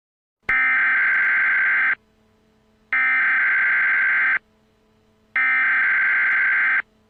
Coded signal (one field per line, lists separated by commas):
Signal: Emergency Alert System (SAME) tones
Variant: header bursts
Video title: EAS MOCK: Zombie Outbreak in Hendrickson, IN (w/ scrolling text)